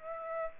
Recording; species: mosquito wingbeat signal from an infrared sensor; Aedes aegypti